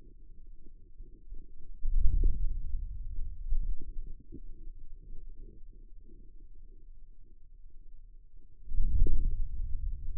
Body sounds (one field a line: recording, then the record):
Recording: forearm muscle sounds (acoustic myography)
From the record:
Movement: hand closing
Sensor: system 2, bracelet of six BSWA MPA416 microphones around the upper forearm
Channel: 4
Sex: male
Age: 22 years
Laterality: right